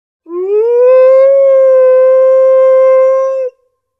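Wolf howl: one long, steady note rising briefly at the start, then held level for a few seconds before cutting off abruptly.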